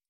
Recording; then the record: hydrophone in a shrimp aquaculture tank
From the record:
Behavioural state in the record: stressed